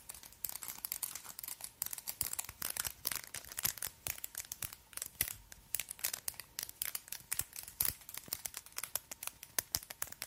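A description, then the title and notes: Long fingernails tap and flutter rapidly, making dense, crisp clicking sounds that sit bright. The taps come in quick irregular bursts through the whole clip, crackling like crinkled paper, with a faint steady tone underneath. ASMR Finger Fluttering and Nail Tapping with XXL Nails.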